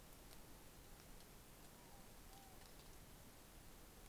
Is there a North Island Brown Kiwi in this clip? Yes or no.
no